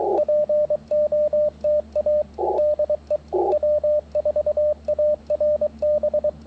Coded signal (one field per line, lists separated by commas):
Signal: Morse code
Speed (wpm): 23 wpm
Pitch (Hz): 590 Hz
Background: radio noise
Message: POTA DE W4ARB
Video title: Band Hopping w/ Elecraft T1 & PackTenna 9:1 - CW POTA Activation - 10/9/23 @ K-4451